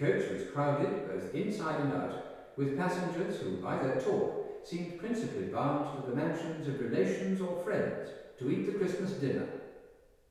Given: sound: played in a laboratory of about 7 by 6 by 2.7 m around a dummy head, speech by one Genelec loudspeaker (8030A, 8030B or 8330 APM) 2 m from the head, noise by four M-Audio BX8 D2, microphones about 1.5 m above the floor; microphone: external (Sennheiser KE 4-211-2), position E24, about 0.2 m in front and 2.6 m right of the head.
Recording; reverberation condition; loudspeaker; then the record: male speech in English; high; 120 degrees to the left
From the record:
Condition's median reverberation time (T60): about 1300 ms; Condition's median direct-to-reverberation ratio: about -4.0 dB